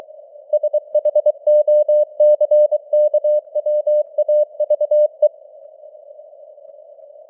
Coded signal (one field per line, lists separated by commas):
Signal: Morse code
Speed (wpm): 23 wpm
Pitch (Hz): 600 Hz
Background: none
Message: SHOCKWAVE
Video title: Morse Code News | 2026-01-14 | 23wpm